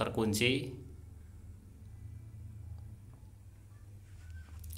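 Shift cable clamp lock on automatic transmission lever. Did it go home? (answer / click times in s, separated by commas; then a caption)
yes / 4.6 s, 4.7 s. Someone talks at the start while an automatic transmission shift cable clamp, a plastic cable end on a Ford Fiesta 1.4, is fitted on the transmission and pressed until it locks. The rear lock of the cable is then engaged, giving two short sharp clicks at 4.6 s and 4.7 s as the clamp lock seats, because the rear of the cable must be properly locked.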